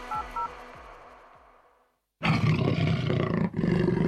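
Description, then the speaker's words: Amur leopard roaring: harsh, rasping low bursts burst in after a quiet start with faint tones, pausing briefly before resuming. Far Eastern leopard, played in a conservation ad; only 130 said to remain. "Так звучит дальневосточный леопард. Их осталось всего 130."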